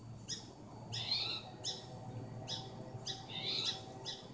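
Spotted towhee calls: harsh, rising, mewing notes given roughly every half second to second, some paired, over a faint low hum.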